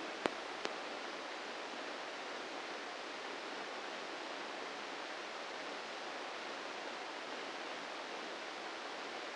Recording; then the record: brain microelectrode recording played as sound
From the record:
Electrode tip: inside the subthalamic nucleus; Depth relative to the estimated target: -3 mm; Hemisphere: left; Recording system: NeuroSet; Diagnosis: Parkinson's disease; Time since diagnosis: 8 years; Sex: male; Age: 58 years